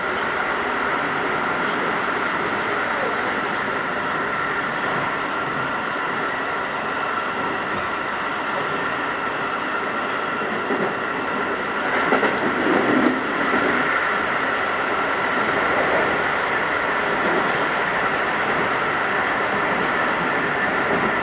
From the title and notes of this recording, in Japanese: 京急新1000形(アルミ車) 横浜〜三崎口。車体はアルミニウム合金製。VVVFインバータ制御装置は、1・2次車では2100形と同じくGTOサイリスタ素子によるドイツ・SIEMENS社製を採用、3～5次車では同じシーメンス社製であるが、使用素子はIGBTに変更され、純電気ブレーキも搭載。